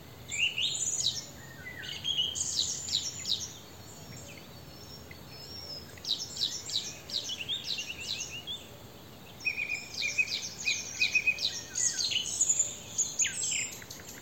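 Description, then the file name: Eurasian wren giving several bursts of very high, fast, scratchy notes and trills separated by short pauses, with a soft background hiss. "Troglodytes troglodytes"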